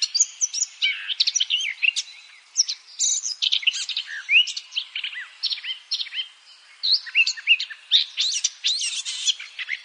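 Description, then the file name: Eurasian blackcap in a lively, rambling warble of sharp chirps and swooping notes, delivered in quick bursts with brief gaps between them. "Sylvia atricapilla"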